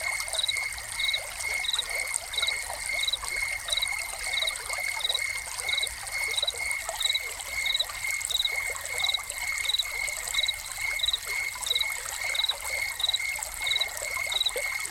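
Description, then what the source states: Rhythmic cricket chirping, brief pulsed notes recurring at an even pace for the whole stretch, with persistent pouring, trickling water. Crickets recorded together with a fountain as a soundscape.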